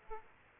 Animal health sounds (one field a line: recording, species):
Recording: mosquito wingbeat signal from an infrared sensor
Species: Aedes aegypti